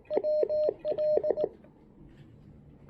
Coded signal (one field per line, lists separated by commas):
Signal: Morse code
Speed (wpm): 20 wpm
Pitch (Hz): 610 Hz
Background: none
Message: WL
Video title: Big Antenna Mistake! Testing the BHI Dual In-Line DSP with the (tr)uSDX during a POTA activation.